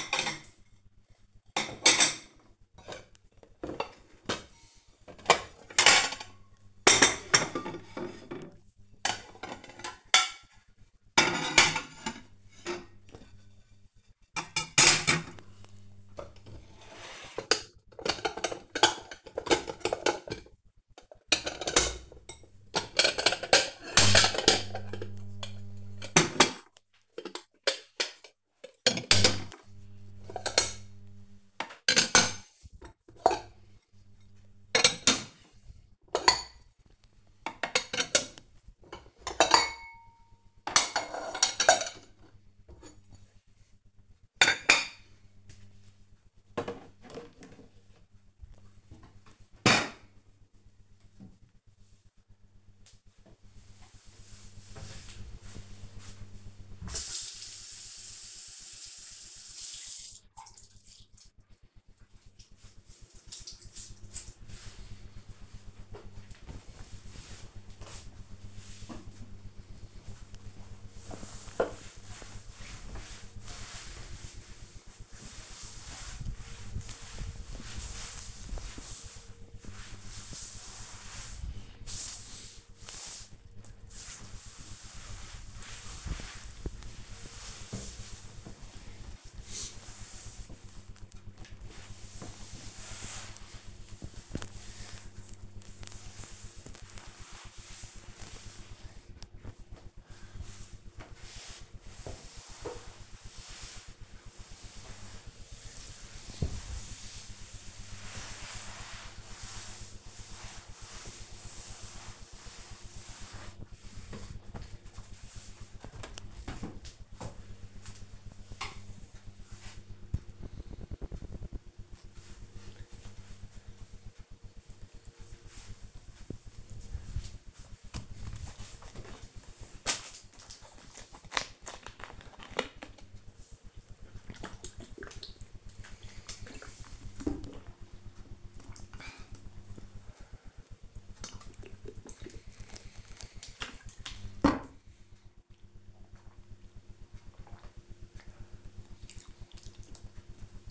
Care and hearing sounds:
household activities, microphone on the right wrist
0.00-50.48 s: putting away the dishes
58.56-113.95 s: cleaning table
128.04-150.71 s: drinking

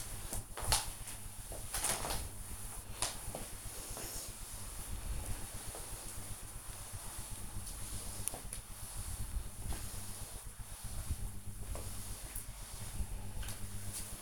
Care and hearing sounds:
household activities, microphone on the right wrist
0.00-14.22 s: floor cleaning

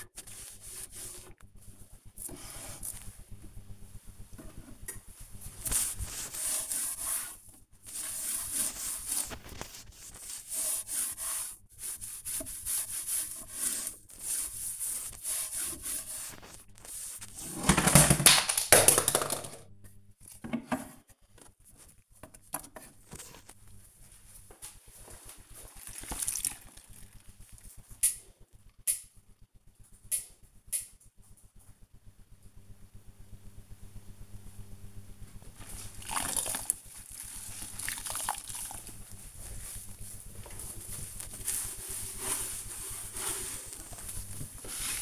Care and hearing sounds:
household activities, microphone on the right wrist
0.00-26.58 s: cleaning shelf
34.60-45.02 s: cleaning shelf

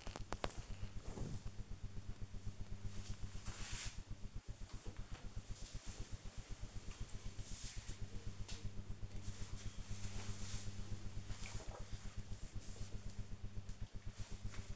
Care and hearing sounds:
household activities, microphone on the right wrist
4.37-14.76 s: drinking

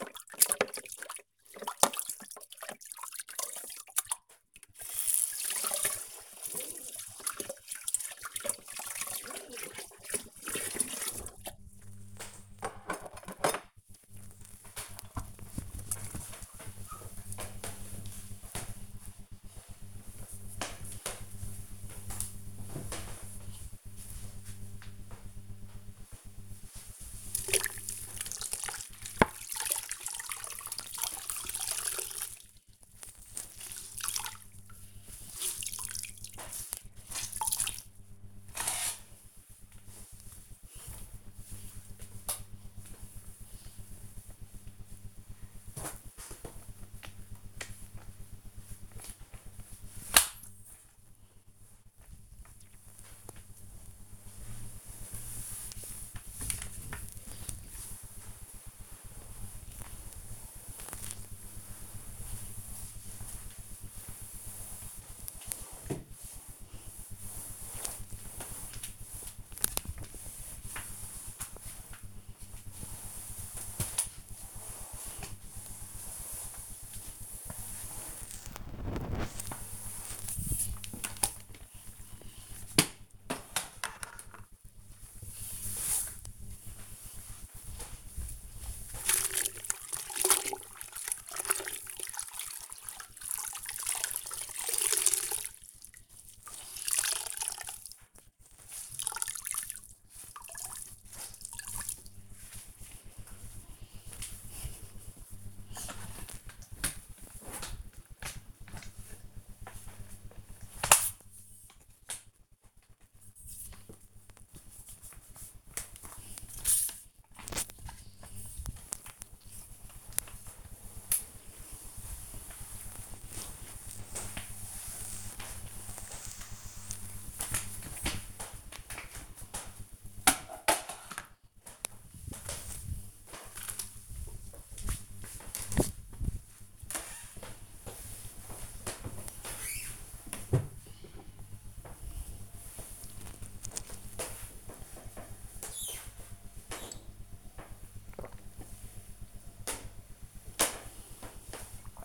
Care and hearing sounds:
household activities, microphone on the right wrist
0.00-13.12 s: washing dishes
25.22-128.90 s: floor cleaning
142.97-152.05 s: drinking

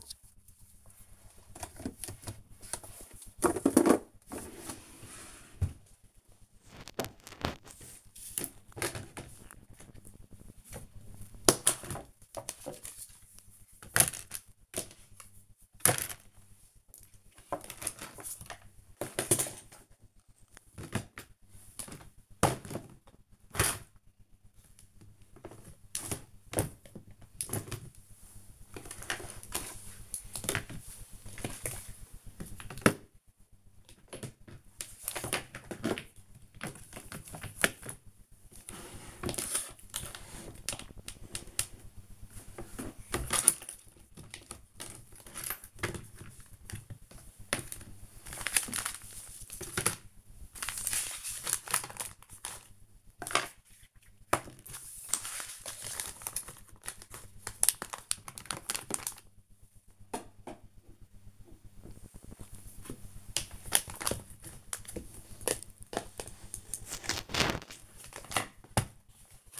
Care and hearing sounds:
household activities, microphone on the right wrist
0.00-69.60 s: tidy up the cupboard

